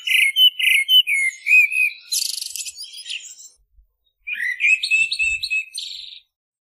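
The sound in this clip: Common blackbird singing loud repeated fluty notes that end in a scratchy buzzing flourish, followed after a brief pause by another warbling phrase with high squeaks.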